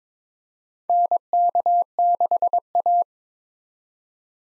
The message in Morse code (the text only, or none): NK6A